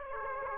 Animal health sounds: mosquito wingbeat signal from an infrared sensor; Aedes aegypti

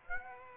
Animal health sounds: mosquito wingbeat signal from an infrared sensor; Aedes aegypti

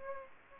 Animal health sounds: mosquito wingbeat signal from an infrared sensor; Aedes aegypti

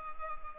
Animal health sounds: mosquito wingbeat signal from an infrared sensor; Culex pipiens

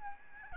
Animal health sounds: mosquito wingbeat signal from an infrared sensor; Aedes albopictus

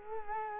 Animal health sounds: mosquito wingbeat signal from an infrared sensor; Culex quinquefasciatus

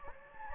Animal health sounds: mosquito wingbeat signal from an infrared sensor; Anopheles gambiae

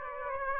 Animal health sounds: mosquito wingbeat signal from an infrared sensor; Aedes aegypti

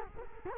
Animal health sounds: mosquito wingbeat signal from an infrared sensor; Culex quinquefasciatus

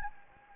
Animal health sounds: mosquito wingbeat signal from an infrared sensor; Anopheles gambiae

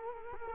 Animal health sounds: mosquito wingbeat signal from an infrared sensor; Culex quinquefasciatus

